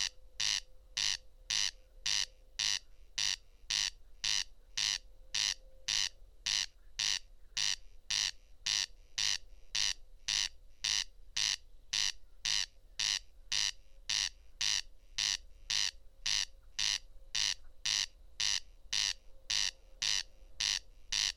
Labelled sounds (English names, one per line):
Corn Crake song